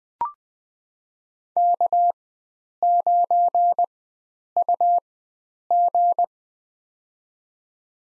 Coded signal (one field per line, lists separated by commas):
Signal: Morse code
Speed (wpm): 20 wpm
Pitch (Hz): 700 Hz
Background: none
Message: K9UG